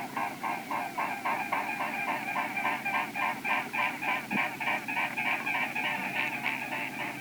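Bird honking calls, nasal and harmonic, repeated rapidly about three times a second in a steady run throughout.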